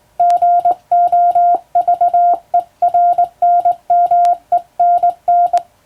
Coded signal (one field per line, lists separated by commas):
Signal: Morse code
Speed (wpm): 20 wpm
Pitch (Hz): 700 Hz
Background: none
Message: GOVERNMENN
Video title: 今でも国家試験がある驚きのモールス符号！トン（短点）とツー（長音）で言葉を表します！昔懐かしいモールス信号を打ってみました！暗号を使うようでカッコいいかな？ morse code practice